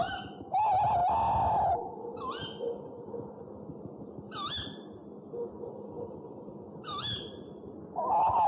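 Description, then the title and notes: Owl calls: a long wavering wail, then a few short rising squeaky notes spread out, and another wail at the end, over a noisy background. One of 69 call variants from 11 owl species. "Sovy - Eulen - Owls. 69 variant hlasů - 11 druhů sov"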